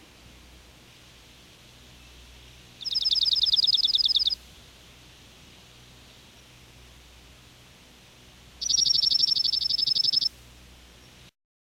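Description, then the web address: Slate-colored junco song: a fast, dry, level trill of identical high notes, given twice about six seconds apart, with only background hiss between. "101 Bird Songs. Slate Colored Junco"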